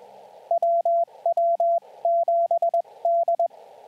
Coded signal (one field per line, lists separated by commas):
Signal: Morse code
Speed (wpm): 21 wpm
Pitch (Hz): 680 Hz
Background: radio noise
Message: WW7D